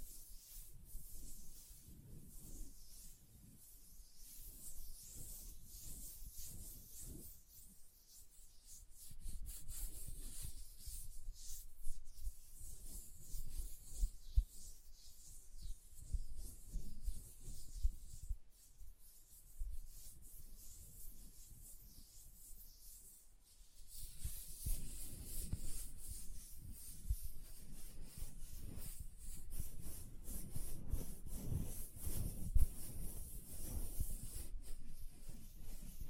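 Hands rub and slide against each other in continuous, dense strokes, with a bright hiss over a soft low rumble. The rubbing swells and eases in waves, briefly quieting around 9, 19 and 24 seconds before picking back up, busiest toward the end.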